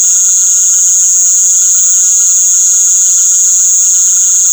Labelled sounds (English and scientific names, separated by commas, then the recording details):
none
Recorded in secondary vegetation near Puerto Asís, Putumayo, Colombia, on 19 February 2024 at 19:00
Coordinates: 0.500, -76.326
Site G6428